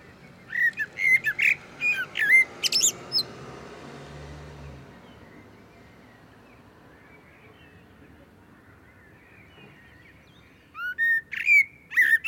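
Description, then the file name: Common blackbird song in two phrases of whistles and high twitters, one at the start and one near the end, with a quiet gap and a soft low rumble between. "Turdus merula"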